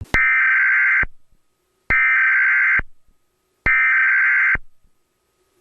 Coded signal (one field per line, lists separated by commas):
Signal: Emergency Alert System (SAME) tones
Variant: header bursts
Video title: EAS #30 (National Periodic Test)